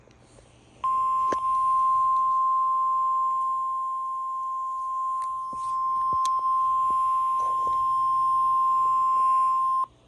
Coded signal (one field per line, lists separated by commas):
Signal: Emergency Alert System (SAME) tones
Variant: 1050 Hz attention tone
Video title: OKX required weekly test (KWO35) EAS #1058